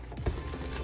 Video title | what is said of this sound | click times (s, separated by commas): How to Remove and Install the Liner on your Cookie G4 and G35 | until you hear that pop right there | 0.2 s, 0.3 s